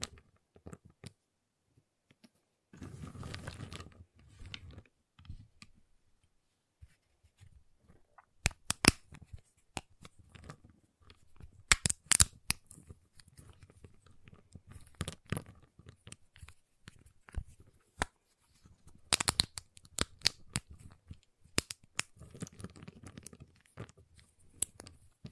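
A giant chocolate bar is tapped, cut and snapped, giving sharp, bright clicks and cracks scattered irregularly across the clip. A low rustling rumble fills roughly seconds three to four, and sparse crisp snaps cluster more densely after ten seconds, with quiet gaps between.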